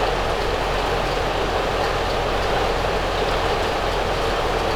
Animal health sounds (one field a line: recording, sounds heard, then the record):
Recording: poultry house recording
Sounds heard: no chicken sound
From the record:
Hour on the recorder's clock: 8